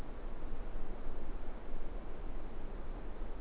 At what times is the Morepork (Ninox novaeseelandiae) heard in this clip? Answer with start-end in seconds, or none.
none